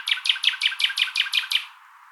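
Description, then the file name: Common nightingale song phrase: a fast run of about nine sharp, identical chirping notes, evenly spaced, ending abruptly into quiet. "Luscinia megarhynchos"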